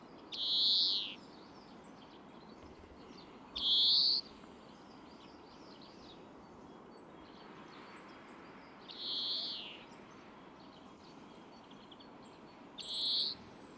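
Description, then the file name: European greenfinch wheezing calls, four drawn-out buzzy notes spaced several seconds apart, with a low steady hiss between them. "Chloris chloris"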